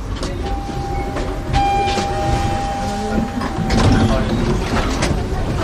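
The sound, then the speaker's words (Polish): A tram rolls along toward the city centre with a steady low rumble and rattling, a thin high whine holding over it, and faint clatters and knocks rising and falling as it moves. “Ale my wracamy do miejsca, z którego przyjechaliśmy, ponownie tramwajem, do centrum.”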